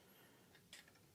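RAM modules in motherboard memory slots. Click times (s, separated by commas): 0.7 s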